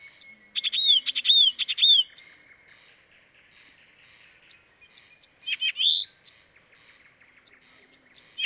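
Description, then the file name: Blyth's reed warbler song of clear arched whistles, sharp ticks and a rising slurred note, delivered in unhurried bursts with gaps between. Dviete. "dviete acrocephalus dumetorum"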